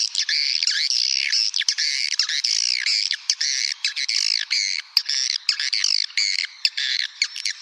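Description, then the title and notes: Bird song, rapid harsh chattering and squawky notes poured out almost without a break, with rising and falling slurred phrases throughout. "Bird Sound. Kicau Burung Lengkap"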